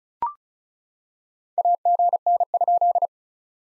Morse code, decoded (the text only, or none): AGN?